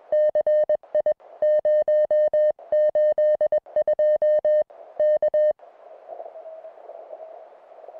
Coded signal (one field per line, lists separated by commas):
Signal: Morse code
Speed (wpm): 21 wpm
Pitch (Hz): 610 Hz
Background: music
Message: CI 082 K